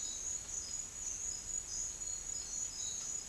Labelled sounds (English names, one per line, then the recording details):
none
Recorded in dense forest near Puerto Asís, Putumayo, Colombia, on 4 March 2025 at 08:30
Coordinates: 0.500, -76.322
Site GP06